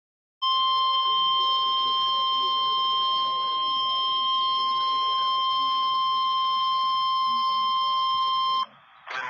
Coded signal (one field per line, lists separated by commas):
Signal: Emergency Alert System (SAME) tones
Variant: 1050 Hz attention tone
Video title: 6/23/22 - Tornado warning for Lincoln and Elmore Counties in Kansas (EAS #73)